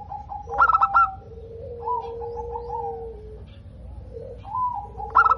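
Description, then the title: Zebra dove song: quick staccato note clusters alternate with drawn-out low cooing tones and short wavering coos. Local zebra dove in top singing form (gacor), with a loud, crystal-clear voice. "PERKUTUT LOKAL GACOR Suara KRISTAL LANTANG"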